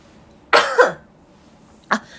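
Two abrupt coughs from an adult woman, the first longer with a voiced tail, the second short and sharp.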